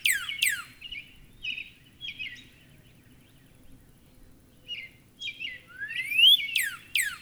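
Northern cardinal song with steep downslurred whistles at the start and end, a long upslurred whistle near the close, and softer chirps scattered between.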